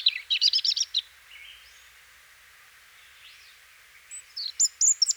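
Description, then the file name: European robin calls, a rapid stuttering run of high notes, a pause, then thin whistles and sharp clicks. "Erithacus rubecula"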